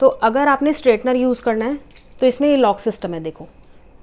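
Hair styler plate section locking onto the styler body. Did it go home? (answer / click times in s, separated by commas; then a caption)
no / none. Someone talks while handling a VEGA 3-in-1 hair styler (VHSCC-01: straightener, crimper, curler), showing its lock system for fixing an attached plate section onto the styler body with a button press. Only speech is heard, fading to quiet near the end. Nothing has seated or clicked yet.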